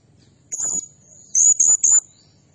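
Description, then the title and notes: Blue-crowned hanging parrot giving very high, shrill trilled notes: one short note, then three quick buzzy bursts close together. Lure and tutoring recording for training birds; bird described as actively singing in rapid bursts, said to excite all other birds. "Burung Serindit Nembak Gacor Bikin Emosi Semua Burung. Suara Nasteran Dan Pemikat Burung Serinditan Gacor"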